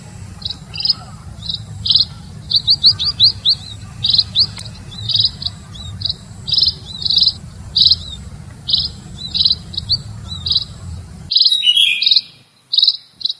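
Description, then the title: Red-throated parrotfinch repeating short high buzzy notes in a steady rhythm, with a brief burst of rapid falling chips, over a steady low rumble that stops near the end. "Erythrura Psittacea"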